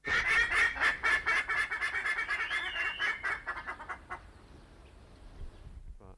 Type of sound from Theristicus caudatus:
trumpet call